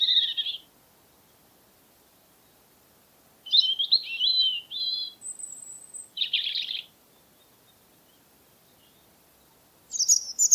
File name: european robin - erithacus rubecula